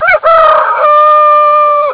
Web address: ST-XX Amiga Soundtracker Sample Packs. rooster